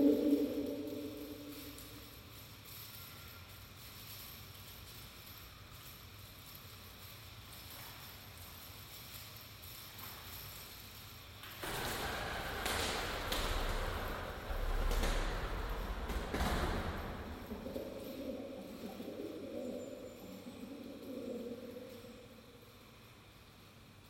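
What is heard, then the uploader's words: Pigeons coo low at the start and again near the end, while a beaded doorway rattles in gusty bursts midway through an otherwise hushed, echoing room. Sacred chamber echoes, pigeons cooing perched on the sill, beaded doorway dancing in a wind tunnel, solitary in silence. Ambient sound recorded along del Norte, the northern coastal route of the Camino de Santiago network of pilgrimage paths converging in Spain. These tiny meditations are made with binaural microphones, creating an immersive hyper-realistic listening experience.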